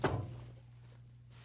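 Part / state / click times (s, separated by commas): baking pan into breadmaker housing / not seated / none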